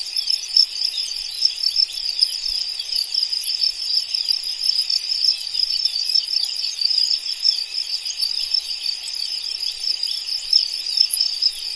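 Crickets trilling in a dense, continuous high-pitched chorus that runs without pause throughout.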